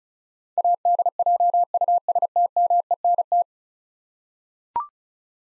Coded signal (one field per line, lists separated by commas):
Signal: Morse code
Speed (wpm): 34 wpm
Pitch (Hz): 700 Hz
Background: none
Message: ADJUSTMENT